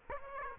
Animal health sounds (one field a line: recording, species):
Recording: mosquito wingbeat signal from an infrared sensor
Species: Aedes aegypti